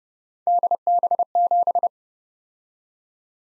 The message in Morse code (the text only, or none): DB7